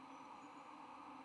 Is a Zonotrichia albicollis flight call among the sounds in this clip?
no